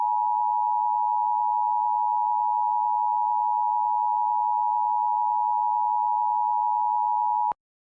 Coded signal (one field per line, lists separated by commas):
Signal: Emergency Alert System (SAME) tones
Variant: 853 and 960 Hz attention tone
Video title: EAS #1156-1157: 2 EAS Required Monthly Tests- Mar. 5, 2026- 10:14AM PST